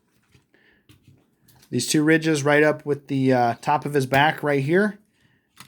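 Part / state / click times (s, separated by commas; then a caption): plastic toy weapons platform onto robot figure's back / not seated / none. A plastic weapons-platform toy for a 2004 Transformers Energon Bulkhead robot figure has its two ridges lined up with the top of the robot's back, ready to be pressed together. A few faint, brief handling sounds come near 0.5, 0.9 and 1.5 seconds, then someone talks. Nothing has snapped or clicked into place yet.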